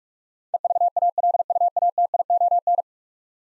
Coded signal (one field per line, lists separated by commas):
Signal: Morse code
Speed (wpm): 41 wpm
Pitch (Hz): 700 Hz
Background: none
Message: EVALUATION